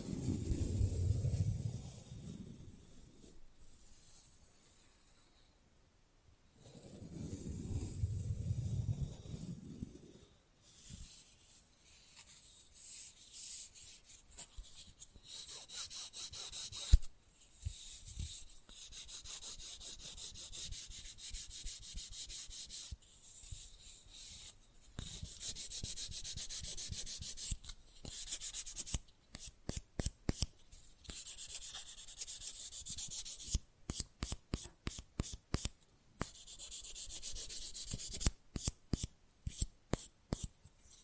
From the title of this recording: Manicure Session Fast & Rough Nail Filing + Tapping